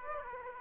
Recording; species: mosquito wingbeat signal from an infrared sensor; Aedes aegypti